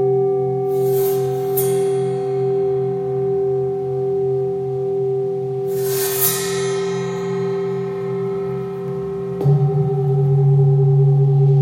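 Tibetan singing bowls ring in a sound therapy session, their long sustained tones layered and gently pulsing throughout. Bright strikes land near the start, around six seconds, and again near nine and a half seconds, where a lower tone swells and grows louder.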